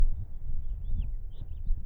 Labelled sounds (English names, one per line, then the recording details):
House Finch song
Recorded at WGilgo Beach on Long Island, New York, on 22 May 1975
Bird A